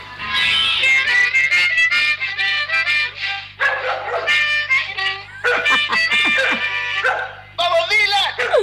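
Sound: dog barking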